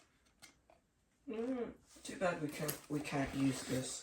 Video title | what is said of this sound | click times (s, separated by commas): Ninja Creami Review Part 1 | that goes on top of here like this and then that clicks in place | 0.4 s